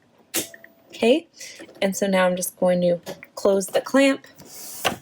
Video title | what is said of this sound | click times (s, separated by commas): HOW TO USE CRICUT PENS WITH YOUR CRICUT MACHINE - Making Little Instruction Cards! | i'm going to put it in this little cartridge and i'm going to press it down until you hear a click | 0.5 s, 0.6 s